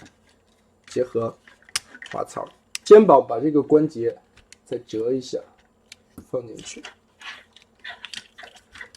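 Someone talks while transforming a black plastic Magic Square MS-20 Optimus Prime robot toy, folding the shoulder joint and pushing the backpack panel toward its slot in the robot's back. Sharp handling taps sound from about 5.9 s to 8.8 s. Nothing has seated or clicked yet; the backpack is not home.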